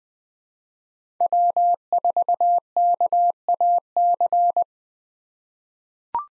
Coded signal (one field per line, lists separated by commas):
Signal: Morse code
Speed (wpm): 20 wpm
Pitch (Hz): 700 Hz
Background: none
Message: W4KAC